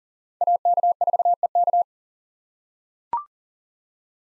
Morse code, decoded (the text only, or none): AK4EK